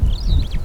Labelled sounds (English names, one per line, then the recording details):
Superb Starling flight call
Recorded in Kenya